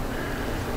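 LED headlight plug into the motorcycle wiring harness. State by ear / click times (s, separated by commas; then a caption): not seated / none. An ADVANBLACK color-matched ATTACK LED headlight's plug is being handled as it goes into the wiring harness of a Road Glide motorcycle. Only a steady, even broadband noise is heard, with no distinct impacts. Nothing has seated or clicked yet.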